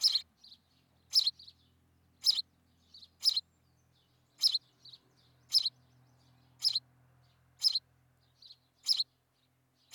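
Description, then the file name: House sparrow chirps, loud bright notes about once a second alternating with quieter short notes, over a faint low hum. "Passer domesticus"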